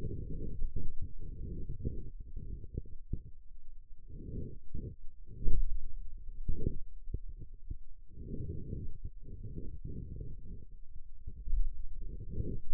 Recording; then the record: forearm muscle sounds (acoustic myography)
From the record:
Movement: pen grasping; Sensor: system 2, bracelet of six BSWA MPA416 microphones around the upper forearm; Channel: 6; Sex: male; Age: 22 years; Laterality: right